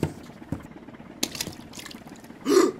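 An immersion heater in water: scattered watery drips and small sloshing clicks, ending in a short, louder burst of splashing or bubbling, with no talk.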